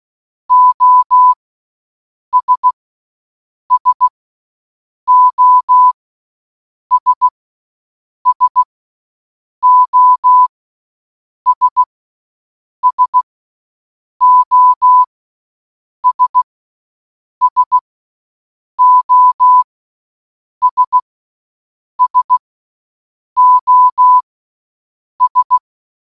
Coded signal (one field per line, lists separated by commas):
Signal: Morse code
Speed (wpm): 16 wpm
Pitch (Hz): 1000 Hz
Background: none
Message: OS SOS SOS SOS SOS SOS